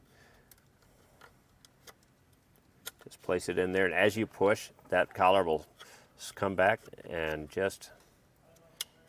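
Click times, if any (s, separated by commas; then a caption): 8.8 s. A camera harness connector for a custom third brake light camera is pushed into the back of the factory radio of a 2019 Ford F-250 Super Duty with a 4.2" factory monitor, and its sliding collar moves back as it goes in. Someone talks while a few faint ticks sound, then the connector locks in place with a sharp click at 8.8 s. It is seated like the factory unit.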